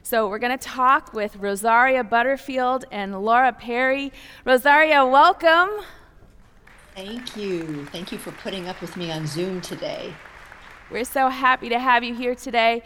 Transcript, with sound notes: We’re going to talk with Rosaria Butterfield and Laura Perry. Rosaria, welcome! (applause)
Thank you! Thank you for putting up with me on Zoom today.
We’re so happy to have you here today.